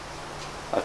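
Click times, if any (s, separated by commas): 0.7 s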